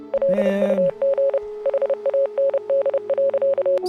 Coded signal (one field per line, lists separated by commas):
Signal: Morse code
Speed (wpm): 30 wpm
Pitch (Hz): 550 Hz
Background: none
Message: LUG HAND.